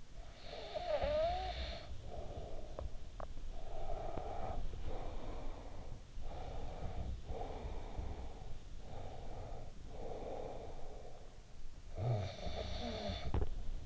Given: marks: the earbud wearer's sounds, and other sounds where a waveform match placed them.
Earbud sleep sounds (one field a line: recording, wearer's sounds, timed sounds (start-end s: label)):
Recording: sounds in sleep by an in-ear microphone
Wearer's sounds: snoring breath, breath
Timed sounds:
0.00-3.34 s: snoring breath
3.34-11.63 s: breath
11.63-13.86 s: snoring breath